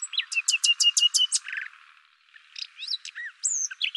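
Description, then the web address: Bird giving a quick run of bright chirps, then a pause and a scattered set of varied squeaky notes and short whistles. "Deverinetal 2025"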